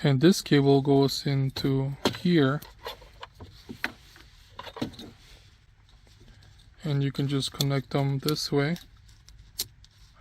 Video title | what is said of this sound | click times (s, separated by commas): 2014 - 2021 Jeep Grand Cherokee Head Unit Replacement | and it clicks right in | 9.6 s